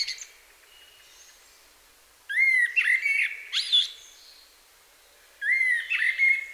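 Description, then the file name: Common blackbird song with a rich whistled phrase ending in squeaky twitters, a pause, then another fluted phrase. "Turdus merula"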